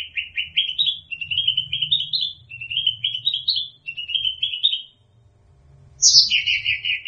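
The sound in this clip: Bird gives long runs of fast, slightly rising warbled chirps, a brief quiet stretch, then a high sharp note falling into quick chirps.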